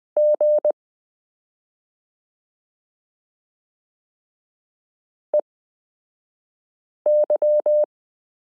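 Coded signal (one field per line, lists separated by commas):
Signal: Morse code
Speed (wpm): 20 wpm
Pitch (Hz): 600 Hz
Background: none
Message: G EY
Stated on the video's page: Morse listening lesson 24 of a 72-part Koch-method variation series, introducing the letter q.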